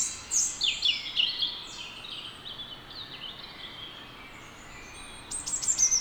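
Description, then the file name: European robin with sweet, high, sliding warbled notes early on, a quiet stretch, then a sharp, bright burst near the end, above faint hiss. "Erithacus rubecula"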